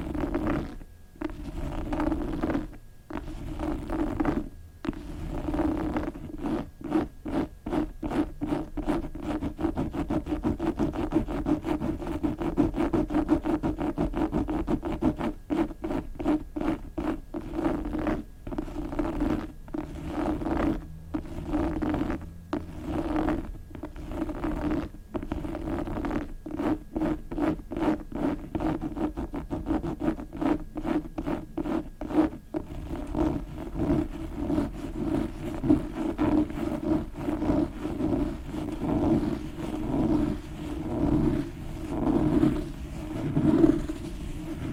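Fingernails scratch a book in quick, dense strokes, forming a steady, raspy texture with frequent brief pauses throughout the whole stretch.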